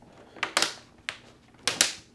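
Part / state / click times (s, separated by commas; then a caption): tablet protective case shell onto tablet / seated / 0.4 s, 0.6 s, 1.1 s, 1.7 s, 1.8 s. A hard plastic inner shell of a protective tablet case is placed on top of the tablet and pressed down so its locking tabs snap in around the edges. Sharp plastic clicks are heard at 0.4, 0.6, 1.1, 1.7 and 1.8 seconds. The shell is seated, with all the locks clicked in.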